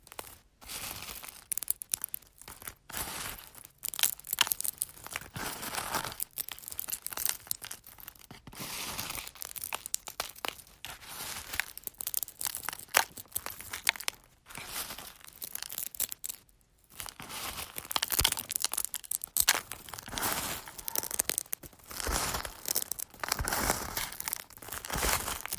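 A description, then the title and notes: Crunching eggs: dense, crackly bursts of bright crinkling and cracking run almost continuously, with short quiet gaps near 8, 14 and 17 seconds. The texture is sharp and irregular, like shells breaking and crumpling, growing busier and louder toward the end. ASMR Crunching Eggs.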